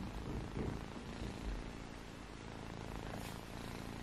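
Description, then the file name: Domestic cat: kitten purring, a soft low continuous rumble under a broad hiss of background noise, with a brief rustle near the start. Baby kittens relaxing, purring and sleeping; recorded 21 June 2020. "Time for Relaxation, Purring and Sleep - Cute Baby kittens - 21-06-20"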